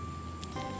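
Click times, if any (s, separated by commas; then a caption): none. A wall fan's oscillation pull/push knob, which sits in the gearbox near the motor, is pulled in and released, but it does not stay locked in, so the fan will not oscillate. A steady hum with a high tone is heard, along with a brief sharp sound at about 0.4 s and a change in the tones from about 0.55 s. Nothing has latched or clicked into place.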